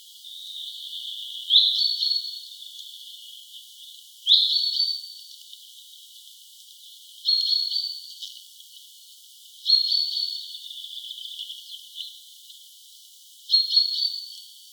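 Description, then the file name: Common chaffinch calls: short, high, slightly rising notes with a brief tail, given five times at irregular gaps of two to four seconds. "Fringilla coelebs"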